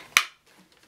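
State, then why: Seated. The plastic suction unit of a Shark HV380UKT Rocket Complete Duo Clean lightweight stick vacuum is pushed onto the end of the handle, giving a sharp, bright click at 0.2 s that fades quickly, followed by faint low rustling. The suction unit is seated on the handle, and the handheld unit is ready to clean.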